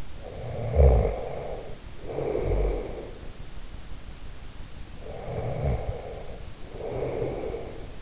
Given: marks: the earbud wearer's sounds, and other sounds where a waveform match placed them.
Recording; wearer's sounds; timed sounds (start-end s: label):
sounds in sleep by an in-ear microphone; snoring breath
0.28-3.34 s: snoring breath
4.97-8.02 s: snoring breath